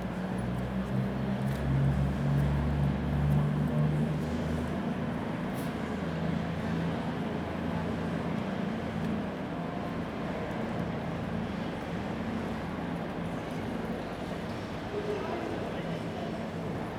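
A busy railway station, filled with a dense, steady wash of noise. A deep engine hum drones underneath, strongest in the first four seconds before settling lower. Faint voices and occasional light clicks surface through the constant din.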